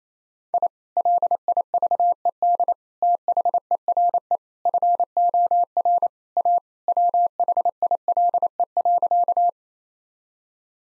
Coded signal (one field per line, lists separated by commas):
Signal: Morse code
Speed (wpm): 28 wpm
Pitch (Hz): 700 Hz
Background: none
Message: I LIVED THERE FOR A WHILE.